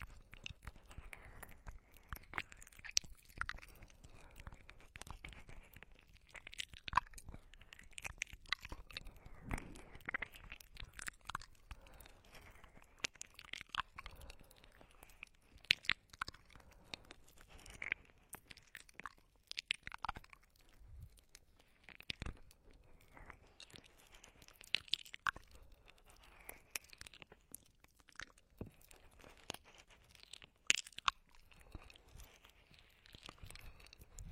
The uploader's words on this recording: Close oral sound therapy.